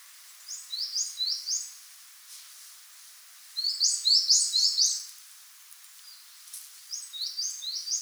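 Eurasian Blue Tit calls: three groups of high, thin, downslurred notes, the middle group loudest, the last group softer.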